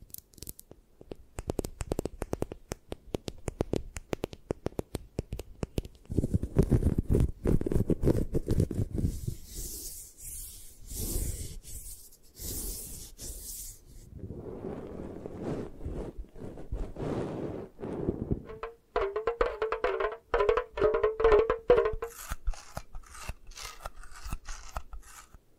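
An eye massage recording made of quick tapping and scratching that runs nearly the whole time. Dense, fast taps come in bursts, with heavier scraping strokes around six to nine seconds and a brighter, hissing scratch near twelve. After nineteen seconds a wavering tone rides under lighter, crisp ticks.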